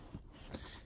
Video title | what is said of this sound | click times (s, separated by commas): How to Install ISOFIX Car Seat into Peugeot 107 🪛💺🚗 #isofix #peugeot107 #howto | you can see I'm just trying to clip it in, and you hear the click. | 0.5 s